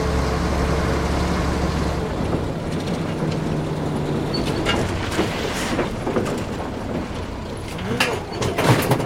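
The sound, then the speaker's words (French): A truck's heavy engine rumbles with a steady low drone that drops away after a couple of seconds, leaving rattling, clattering road noise as the vehicle slows, in the Tintin story Le Lotus Bleu. “Mais où ce camion va-t-il m'emmener maintenant ?”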